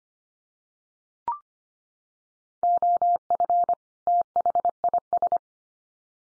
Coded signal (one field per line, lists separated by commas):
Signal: Morse code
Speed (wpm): 25 wpm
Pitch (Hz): 700 Hz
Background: none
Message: OF THIS